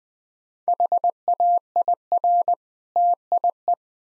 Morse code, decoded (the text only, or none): HAIR TIE